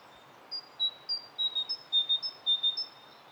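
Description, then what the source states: Great tit song, a quick string of clear, high whistled notes alternating between two pitches over soft background hiss. One local great tit using its two notes in a more complicated phrase, 'dee, dee, dee, bobba chick', with a second great tit in the background.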